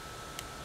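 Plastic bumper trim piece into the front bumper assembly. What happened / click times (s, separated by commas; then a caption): The plastic trim piece snapped into place / 0.4 s. A plastic bumper trim piece on a GMC Yukon is snapped into the front bumper assembly during a collision rebuild, and it seats with one short, sharp click at 0.4 seconds. The click stands out against a steady background hiss with a faint constant tone.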